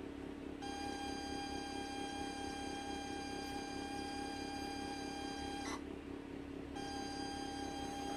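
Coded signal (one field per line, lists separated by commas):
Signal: ZX Spectrum tape loading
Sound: steady buzzy pilot tone, a short crackly break, then the pilot tone again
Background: low rumbling hum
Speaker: and the magic of old-school loading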